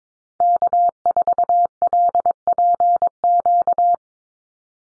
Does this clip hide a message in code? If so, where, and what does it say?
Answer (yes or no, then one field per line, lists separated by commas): yes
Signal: Morse code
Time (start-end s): 0.4-3.9 s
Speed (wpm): 22 wpm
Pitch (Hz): 700 Hz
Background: none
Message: K4LPQ